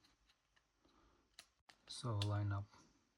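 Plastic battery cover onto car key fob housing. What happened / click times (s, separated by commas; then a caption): The plastic cover is being lined up but has not snapped home yet / none. A plastic battery cover is lined up with the two latches on a 2019–2026 Toyota Supra (MK5 A90/A91) key fob housing while someone talks, with faint handling ticks at about 1.4 and 1.7 seconds. The cover has not snapped back into place yet, and nothing has seated or clicked.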